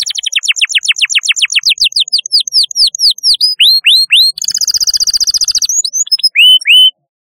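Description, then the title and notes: Canary singing a long, varied phrase: quick series of down-slurred notes, a dense fast trill, then loud separate rising and falling whistles. "Kicau Burung Kenari"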